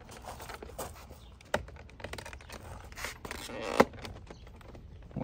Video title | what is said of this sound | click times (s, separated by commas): M STYLE MIRROR COVERS. UNBOXING, INSTALATION, REVIEW. #S550PARTS | you hear that click you know it's on | 1.5 s